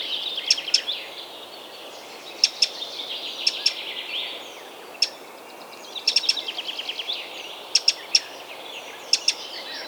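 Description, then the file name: Eurasian wren giving clusters of sharp ticks over a continuous high twittering. "Troglodytes troglodytes"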